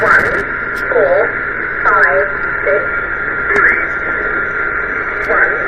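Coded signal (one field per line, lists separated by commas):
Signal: numbers station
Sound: short spoken numbers read at a steady pace through heavy shortwave static hiss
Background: radio static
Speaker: And I'm going to play you this one so you can see what one sounds like really quick.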